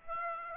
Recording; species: mosquito wingbeat signal from an infrared sensor; Aedes aegypti